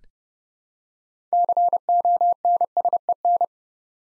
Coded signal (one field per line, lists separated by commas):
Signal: Morse code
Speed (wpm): 29 wpm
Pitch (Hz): 700 Hz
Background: none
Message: CONSEN